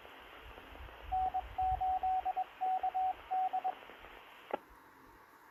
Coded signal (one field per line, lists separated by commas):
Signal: Morse code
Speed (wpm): 21 wpm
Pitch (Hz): 750 Hz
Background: radio noise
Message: N8KD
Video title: 2M HAMS SURVIVING COVID-19 PANDEMIC ON ICOM R30 3-23-2020